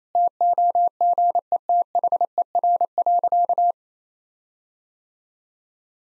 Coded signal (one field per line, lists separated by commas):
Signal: Morse code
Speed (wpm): 28 wpm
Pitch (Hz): 700 Hz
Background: none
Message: TOGETHER.